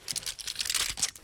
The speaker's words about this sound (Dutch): Het is het geluid van iemand met reuma die een medicijnverpakking probeert te openen.